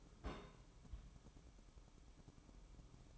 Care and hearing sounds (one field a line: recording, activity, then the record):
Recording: daily activity, microphone in the room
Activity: place on stove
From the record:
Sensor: 1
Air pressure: 1008.1 hPa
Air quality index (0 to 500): 134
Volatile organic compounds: 2 ppm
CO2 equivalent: 1128 ppm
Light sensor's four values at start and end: 8/19/8/8 and 8/19/8/8